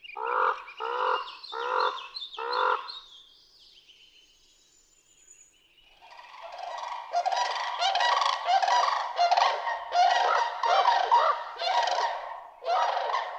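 Common raven: four evenly spaced hoarse croaks, a quiet pause, then a long dense run of rougher, grating calls.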